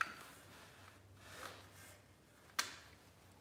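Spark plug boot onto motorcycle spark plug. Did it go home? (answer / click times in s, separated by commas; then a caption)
yes / 2.6 s. A spark plug wire boot is pressed back onto a Honda VTX1300 motorcycle's spark plug to verify it is seated. A brief click at 0.0 s opens the clip, followed by faint low rustling, and a sharp click at 2.6 s confirms the boot has snapped onto the plug.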